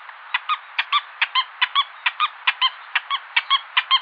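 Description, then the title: Wattled jacana giving a rapid series of harsh, squeaky chattering notes, paired and repeated about two to three times per second, with a steady background hiss. "LuckyPassaro Completos2Sama. Wattled Jacana"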